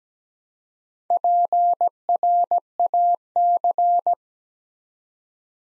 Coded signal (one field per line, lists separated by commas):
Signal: Morse code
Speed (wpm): 17 wpm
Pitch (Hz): 700 Hz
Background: none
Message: PRAC